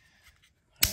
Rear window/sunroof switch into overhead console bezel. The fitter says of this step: lined up looks good snapped into place so i'm gonna flip